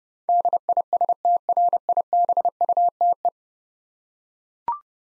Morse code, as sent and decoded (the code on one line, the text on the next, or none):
-.. .. ... - .-. .. -... ..- - .
DISTRIBUTE